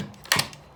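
A Festool Domino joiner's motor housing is slid onto its base, with a short sliding rasp before a sharp click at 0.3 s as it catches on the first, longer guide leg. The housing is only partly on: the second leg has not clicked yet.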